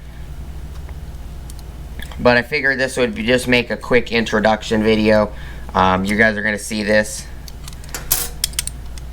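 A GoPro Hero 9 action camera in its SmallRig 3084 metal cage is handled near a quick-release mount that holds it with a spring-loaded pin. Someone talks over a low steady hum, then a burst of sharp handling taps comes from about 7.9 to 8.7 seconds. Nothing has seated or clicked into the mount yet.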